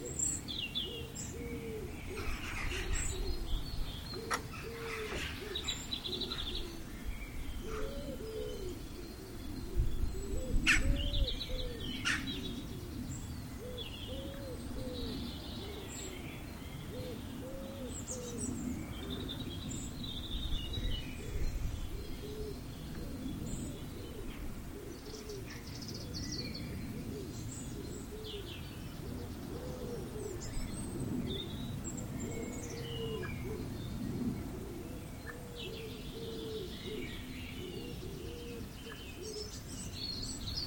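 A dawn chorus of blackbirds, robins, dunnocks and great tits in a Wiltshire village, with bright overlapping songs and chirps throughout. Beneath them runs a dense, steady layer of low cooing calls, like pigeons or doves. A few sharp clicks stand out near five and ten seconds.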